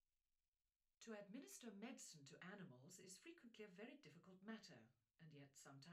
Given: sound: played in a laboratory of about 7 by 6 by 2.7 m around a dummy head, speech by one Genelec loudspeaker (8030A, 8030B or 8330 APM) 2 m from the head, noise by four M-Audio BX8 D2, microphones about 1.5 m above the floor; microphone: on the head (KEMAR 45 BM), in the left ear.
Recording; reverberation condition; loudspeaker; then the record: female speech in English; low; behind (180 degrees)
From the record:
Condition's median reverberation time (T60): about 310 ms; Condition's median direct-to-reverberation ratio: about 3.5 dB